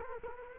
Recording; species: mosquito wingbeat signal from an infrared sensor; Culex quinquefasciatus